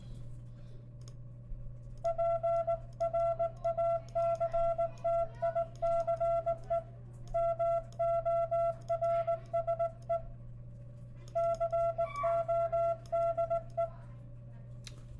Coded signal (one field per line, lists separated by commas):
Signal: Morse code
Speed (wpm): 17 wpm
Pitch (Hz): 670 Hz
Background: none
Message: PRACTICE MORSE CODE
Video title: Morse code without a radio?? #cw #hamradio #morsecode